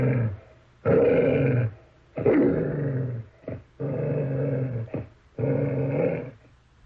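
Dog growling in long harsh bursts about a second each, separated by short pauses, low rumbling throughout.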